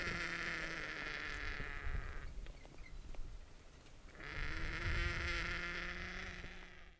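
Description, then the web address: Indian vulture giving two long, hoarse, strained calls with a buzzy, harmonic tone, separated by a quieter gap with faint clicks. "sound Indian-vulture. صدای-پرنده-دال-هندی"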